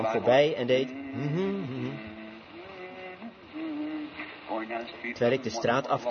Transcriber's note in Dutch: Broeder Branham neuriet – Vert